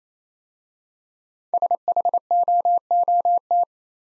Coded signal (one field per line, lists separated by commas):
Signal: Morse code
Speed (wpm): 28 wpm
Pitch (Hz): 700 Hz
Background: none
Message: SHOOT